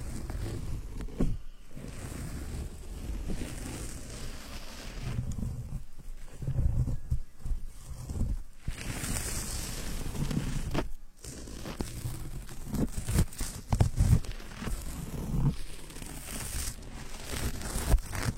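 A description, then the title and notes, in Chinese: Hair being washed, with fingers scratching through thick lather. A dense, crackling wet fizz runs throughout with a soft low rumble underneath, broken by brief near-silent pauses around 1.5, 8.5 and 11 seconds. 洗头发 纯泡沫挠头音。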